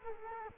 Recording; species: mosquito wingbeat signal from an infrared sensor; Culex quinquefasciatus